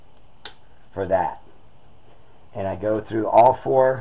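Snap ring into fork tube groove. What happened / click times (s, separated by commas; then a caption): Snap ring snapped into its groove / 0.4 s. A steel snap ring (circlip) is worked into its groove inside a Yamaha R6 motorcycle fork tube with a screwdriver during a fork seal replacement, giving a short sharp metallic click at 0.5 s as it snaps into place. Someone talks afterward while going round all four places on the ring, and the ring is confirmed seated.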